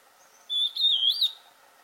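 Antbird song: one short whistled phrase, a steady tone that then wavers up and down.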